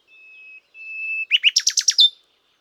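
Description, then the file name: Common nightingale song: two long pure whistled notes, then a fast burst of buzzy chirps and a sharp closing note. "Luscinia megarhynchos"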